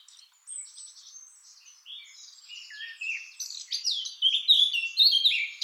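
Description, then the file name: Eurasian blackcap song, a fast scratchy warble of varied chirps and twitters that grows louder and richer toward the end. "Sylvia atricapilla"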